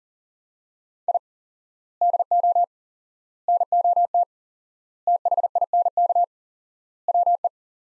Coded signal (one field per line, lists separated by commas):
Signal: Morse code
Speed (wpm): 40 wpm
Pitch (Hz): 700 Hz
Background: none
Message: I DO NOT THINK WE